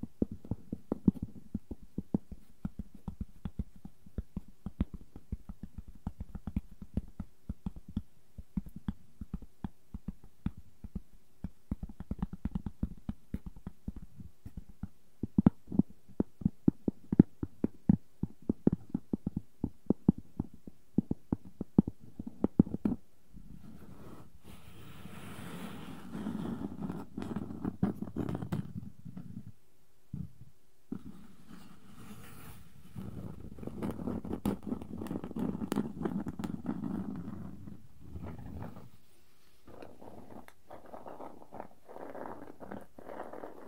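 Wooden objects tap in quick, irregular clusters for the first twenty-odd seconds, dense dry clicks with occasional louder knocks. After that the tapping gives way to a softer, continuous scratching and rubbing that swells and fades, broken by brief pauses near 30 and 38 seconds.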